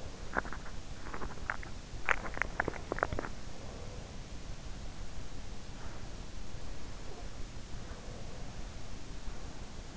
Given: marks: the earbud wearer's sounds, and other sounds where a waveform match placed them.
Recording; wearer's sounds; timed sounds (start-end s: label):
sounds in sleep by an in-ear microphone; teeth grinding
0.00-3.66 s: teeth grinding
6.34-8.75 s: sound from someone else or the room